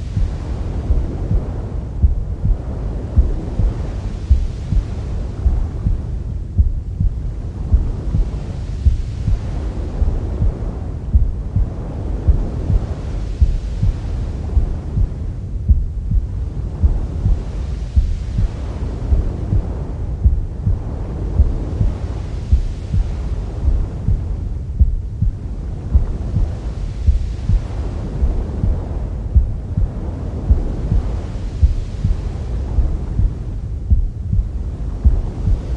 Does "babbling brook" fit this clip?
no